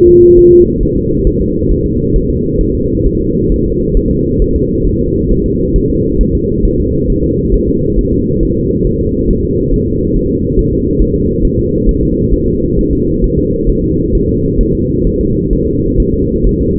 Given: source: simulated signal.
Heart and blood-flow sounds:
fetal heart sounds
0.09 s: S2
0.39 s: S1
0.53 s: S2
0.83 s: S1
0.97 s: S2
1.27 s: S1
1.42 s: S2
1.71 s: S1
1.86 s: S2
2.16 s: S1
2.30 s: S2
2.61 s: S1
2.75 s: S2
3.06 s: S1
3.21 s: S2
3.52 s: S1
3.66 s: S2
3.97 s: S1
4.11 s: S2
4.42 s: S1
4.56 s: S2
4.87 s: S1
5.01 s: S2
5.31 s: S1
5.46 s: S2
5.76 s: S1
5.90 s: S2
6.21 s: S1
6.35 s: S2
6.65 s: S1
6.80 s: S2
7.10 s: S1
7.24 s: S2
7.54 s: S1
7.69 s: S2
7.99 s: S1
8.13 s: S2
8.43 s: S1
8.57 s: S2
8.87 s: S1
9.01 s: S2
9.31 s: S1
9.45 s: S2
9.74 s: S1
9.88 s: S2
10.17 s: S1
10.31 s: S2
10.59 s: S1
10.73 s: S2
11.02 s: S1
11.16 s: S2
11.45 s: S1
11.59 s: S2
11.89 s: S1
12.03 s: S2
12.33 s: S1
12.48 s: S2
12.79 s: S1
12.93 s: S2
13.24 s: S1
13.38 s: S2
13.70 s: S1
13.84 s: S2
14.15 s: S1
14.29 s: S2
14.61 s: S1
14.75 s: S2
15.07 s: S1
15.21 s: S2
15.53 s: S1
15.68 s: S2
16.00 s: S1
16.14 s: S2
16.47 s: S1
16.61 s: S2
From the record:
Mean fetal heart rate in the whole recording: 135 bpm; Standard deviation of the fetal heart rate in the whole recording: 3 bpm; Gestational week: 36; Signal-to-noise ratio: -10.2 dB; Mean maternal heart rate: 72 bpm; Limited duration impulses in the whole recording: present

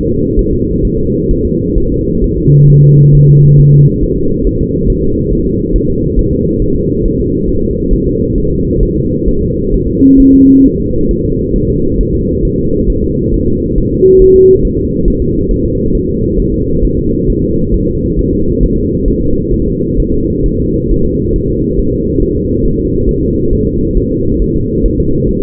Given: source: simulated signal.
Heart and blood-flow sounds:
fetal heart sounds
0.08 s: S2
0.39 s: S1
0.53 s: S2
0.85 s: S1
0.99 s: S2
1.31 s: S1
1.45 s: S2
1.78 s: S1
1.92 s: S2
2.24 s: S1
2.38 s: S2
2.70 s: S1
2.84 s: S2
3.15 s: S1
3.29 s: S2
3.60 s: S1
3.74 s: S2
4.04 s: S1
4.18 s: S2
4.47 s: S1
4.61 s: S2
4.90 s: S1
5.04 s: S2
5.33 s: S1
5.47 s: S2
5.76 s: S1
5.90 s: S2
6.19 s: S1
6.33 s: S2
6.62 s: S1
6.76 s: S2
7.06 s: S1
7.20 s: S2
7.49 s: S1
7.63 s: S2
7.94 s: S1
8.08 s: S2
8.38 s: S1
8.52 s: S2
8.83 s: S1
8.97 s: S2
9.28 s: S1
9.43 s: S2
9.74 s: S1
9.88 s: S2
10.20 s: S1
10.34 s: S2
10.66 s: S1
10.80 s: S2
11.11 s: S1
11.25 s: S2
11.56 s: S1
11.70 s: S2
12.01 s: S1
12.15 s: S2
12.45 s: S1
12.59 s: S2
12.90 s: S1
13.04 s: S2
13.34 s: S1
13.48 s: S2
13.78 s: S1
13.92 s: S2
14.22 s: S1
14.36 s: S2
14.65 s: S1
14.79 s: S2
15.08 s: S1
15.22 s: S2
15.51 s: S1
15.65 s: S2
15.95 s: S1
16.09 s: S2
16.40 s: S1
16.54 s: S2
16.85 s: S1
16.99 s: S2
17.30 s: S1
17.44 s: S2
17.74 s: S1
17.88 s: S2
18.19 s: S1
18.33 s: S2
18.63 s: S1
18.77 s: S2
19.08 s: S1
19.22 s: S2
19.54 s: S1
19.68 s: S2
20.00 s: S1
20.14 s: S2
20.46 s: S1
20.60 s: S2
20.91 s: S1
21.05 s: S2
21.36 s: S1
21.50 s: S2
21.79 s: S1
21.94 s: S2
22.22 s: S1
22.37 s: S2
22.65 s: S1
22.79 s: S2
23.09 s: S1
23.23 s: S2
23.53 s: S1
23.67 s: S2
23.97 s: S1
24.12 s: S2
24.42 s: S1
24.56 s: S2
24.86 s: S1
25.00 s: S2
25.29 s: S1
From the record:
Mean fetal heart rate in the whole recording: 135 bpm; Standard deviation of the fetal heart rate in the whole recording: 3 bpm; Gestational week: 36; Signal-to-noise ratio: -15.3 dB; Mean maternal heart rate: 72 bpm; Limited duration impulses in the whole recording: present

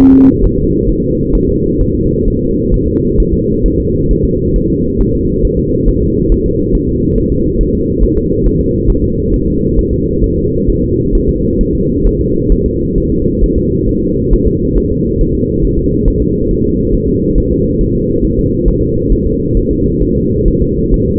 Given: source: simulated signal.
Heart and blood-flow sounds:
fetal heart sounds
0.00 s: S1
0.14 s: S2
0.44 s: S1
0.58 s: S2
0.89 s: S1
1.03 s: S2
1.35 s: S1
1.49 s: S2
1.81 s: S1
1.95 s: S2
2.28 s: S1
2.42 s: S2
2.74 s: S1
2.88 s: S2
3.20 s: S1
3.34 s: S2
3.66 s: S1
3.80 s: S2
4.11 s: S1
4.25 s: S2
4.56 s: S1
4.70 s: S2
5.01 s: S1
5.15 s: S2
5.45 s: S1
5.59 s: S2
5.88 s: S1
6.02 s: S2
6.32 s: S1
6.46 s: S2
6.75 s: S1
6.89 s: S2
7.18 s: S1
7.32 s: S2
7.61 s: S1
7.75 s: S2
8.04 s: S1
8.18 s: S2
8.46 s: S1
8.60 s: S2
8.90 s: S1
9.04 s: S2
9.34 s: S1
9.48 s: S2
9.79 s: S1
9.93 s: S2
10.24 s: S1
10.38 s: S2
10.70 s: S1
10.84 s: S2
11.15 s: S1
11.29 s: S2
11.61 s: S1
11.75 s: S2
12.07 s: S1
12.21 s: S2
12.52 s: S1
12.66 s: S2
12.98 s: S1
13.12 s: S2
13.44 s: S1
13.58 s: S2
13.89 s: S1
14.03 s: S2
14.34 s: S1
14.48 s: S2
14.78 s: S1
14.92 s: S2
15.21 s: S1
15.35 s: S2
15.65 s: S1
15.79 s: S2
16.08 s: S1
16.22 s: S2
16.51 s: S1
16.65 s: S2
16.95 s: S1
17.09 s: S2
17.38 s: S1
17.52 s: S2
17.81 s: S1
17.95 s: S2
18.25 s: S1
18.39 s: S2
18.68 s: S1
18.82 s: S2
19.12 s: S1
19.26 s: S2
19.57 s: S1
19.71 s: S2
20.02 s: S1
20.16 s: S2
20.48 s: S1
20.62 s: S2
20.94 s: S1
21.08 s: S2
From the record:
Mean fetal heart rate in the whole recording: 135 bpm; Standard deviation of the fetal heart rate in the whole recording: 3 bpm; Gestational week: 36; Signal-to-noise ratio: -14.7 dB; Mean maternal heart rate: 72 bpm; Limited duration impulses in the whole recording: present

